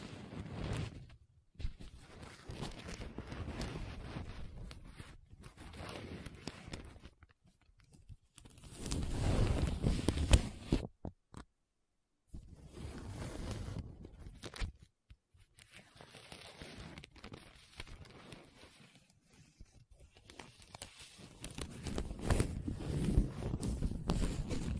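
Paper being rubbed, scratched and traced in uneven bursts, each a dense rustling scrape lasting a few seconds. Louder, rougher passes come near 9–11 seconds and again after 21 seconds. Short silences separate the strokes, with a sharp dropout around 11–12 seconds.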